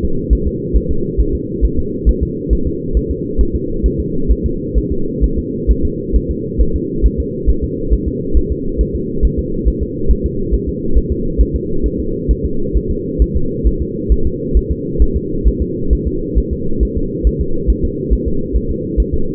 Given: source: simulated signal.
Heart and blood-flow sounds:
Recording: fetal heart sounds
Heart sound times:
0.05 s: S2
0.33 s: S1
0.47 s: S2
0.77 s: S1
0.91 s: S2
1.20 s: S1
1.35 s: S2
1.65 s: S1
1.79 s: S2
2.09 s: S1
2.23 s: S2
2.53 s: S1
2.67 s: S2
2.97 s: S1
3.11 s: S2
3.41 s: S1
3.56 s: S2
3.86 s: S1
4.00 s: S2
4.31 s: S1
4.46 s: S2
4.78 s: S1
4.92 s: S2
5.24 s: S1
5.39 s: S2
5.71 s: S1
5.85 s: S2
6.16 s: S1
6.31 s: S2
6.61 s: S1
6.76 s: S2
7.06 s: S1
7.20 s: S2
7.50 s: S1
7.64 s: S2
7.93 s: S1
8.08 s: S2
8.37 s: S1
8.52 s: S2
8.81 s: S1
8.96 s: S2
9.25 s: S1
9.39 s: S2
9.68 s: S1
9.83 s: S2
10.11 s: S1
10.26 s: S2
10.54 s: S1
10.69 s: S2
10.98 s: S1
11.12 s: S2
11.41 s: S1
11.56 s: S2
11.86 s: S1
12.00 s: S2
12.31 s: S1
12.46 s: S2
12.77 s: S1
12.91 s: S2
13.22 s: S1
13.37 s: S2
13.67 s: S1
13.82 s: S2
14.12 s: S1
14.27 s: S2
14.57 s: S1
14.72 s: S2
15.02 s: S1
15.17 s: S2
15.48 s: S1
15.62 s: S2
15.93 s: S1
16.07 s: S2
16.38 s: S1
16.53 s: S2
16.83 s: S1
16.97 s: S2
17.27 s: S1
17.41 s: S2
17.70 s: S1
17.85 s: S2
18.13 s: S1
18.28 s: S2
18.56 s: S1
18.71 s: S2
19.00 s: S1
19.14 s: S2
From the record:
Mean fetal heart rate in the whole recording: 135 bpm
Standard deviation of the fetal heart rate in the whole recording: 3 bpm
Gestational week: 34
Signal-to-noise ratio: -8.1 dB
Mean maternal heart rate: 72 bpm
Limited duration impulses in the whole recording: absent

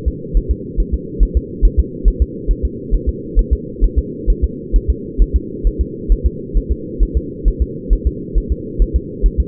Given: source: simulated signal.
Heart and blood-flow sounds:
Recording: fetal heart sounds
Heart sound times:
0.08 s: S2
0.37 s: S1
0.51 s: S2
0.80 s: S1
0.94 s: S2
1.23 s: S1
1.37 s: S2
1.65 s: S1
1.80 s: S2
2.08 s: S1
2.22 s: S2
2.51 s: S1
2.65 s: S2
2.94 s: S1
3.09 s: S2
3.39 s: S1
3.53 s: S2
3.84 s: S1
3.99 s: S2
4.30 s: S1
4.44 s: S2
4.76 s: S1
4.90 s: S2
5.22 s: S1
5.36 s: S2
5.67 s: S1
5.81 s: S2
6.12 s: S1
6.26 s: S2
6.57 s: S1
6.72 s: S2
7.03 s: S1
7.17 s: S2
7.48 s: S1
7.62 s: S2
7.93 s: S1
8.07 s: S2
8.38 s: S1
8.52 s: S2
8.82 s: S1
8.96 s: S2
9.26 s: S1
9.40 s: S2
From the record:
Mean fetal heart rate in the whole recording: 135 bpm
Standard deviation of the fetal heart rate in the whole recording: 3 bpm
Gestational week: 36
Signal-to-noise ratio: -4.1 dB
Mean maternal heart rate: no maternal heart sound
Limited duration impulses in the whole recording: absent

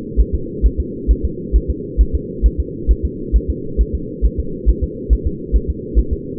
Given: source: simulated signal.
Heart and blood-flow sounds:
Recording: fetal heart sounds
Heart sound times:
0.20 s: S1
0.35 s: S2
0.66 s: S1
0.80 s: S2
1.11 s: S1
1.25 s: S2
1.56 s: S1
1.70 s: S2
2.01 s: S1
2.15 s: S2
2.46 s: S1
2.60 s: S2
2.91 s: S1
3.05 s: S2
3.36 s: S1
3.50 s: S2
3.81 s: S1
3.95 s: S2
4.25 s: S1
4.40 s: S2
4.69 s: S1
4.84 s: S2
5.13 s: S1
5.27 s: S2
5.56 s: S1
5.70 s: S2
5.99 s: S1
6.13 s: S2
From the record:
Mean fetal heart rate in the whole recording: 135 bpm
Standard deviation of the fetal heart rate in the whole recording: 3 bpm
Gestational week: 34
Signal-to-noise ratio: -4.3 dB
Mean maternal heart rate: 72 bpm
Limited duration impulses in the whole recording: absent

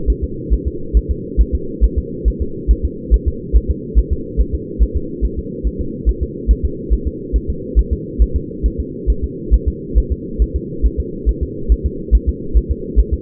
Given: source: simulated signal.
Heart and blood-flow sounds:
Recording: fetal heart sounds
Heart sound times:
0.10 s: S1
0.24 s: S2
0.53 s: S1
0.67 s: S2
0.97 s: S1
1.11 s: S2
1.41 s: S1
1.55 s: S2
1.84 s: S1
1.98 s: S2
2.28 s: S1
2.42 s: S2
2.71 s: S1
2.85 s: S2
3.14 s: S1
3.28 s: S2
3.56 s: S1
3.70 s: S2
3.99 s: S1
4.13 s: S2
4.41 s: S1
4.55 s: S2
4.83 s: S1
4.97 s: S2
5.25 s: S1
5.39 s: S2
5.67 s: S1
5.81 s: S2
6.09 s: S1
6.23 s: S2
6.51 s: S1
6.65 s: S2
6.93 s: S1
7.07 s: S2
7.36 s: S1
7.50 s: S2
7.79 s: S1
7.93 s: S2
8.22 s: S1
8.36 s: S2
8.66 s: S1
8.80 s: S2
9.10 s: S1
9.24 s: S2
9.54 s: S1
9.68 s: S2
9.98 s: S1
10.12 s: S2
10.42 s: S1
10.56 s: S2
10.86 s: S1
11.00 s: S2
11.29 s: S1
11.43 s: S2
11.72 s: S1
11.86 s: S2
12.15 s: S1
12.29 s: S2
12.57 s: S1
12.71 s: S2
13.00 s: S1
13.13 s: S2
From the record:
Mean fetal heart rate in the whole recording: 140 bpm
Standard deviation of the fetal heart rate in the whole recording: 2 bpm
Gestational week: 34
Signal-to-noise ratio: -4.3 dB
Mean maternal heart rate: 72 bpm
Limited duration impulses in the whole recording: absent

